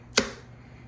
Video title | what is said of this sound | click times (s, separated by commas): New COBRATEC KNIVES | And it flip it and it locks into place. It's not going anywhere. It's locked. | 0.2 s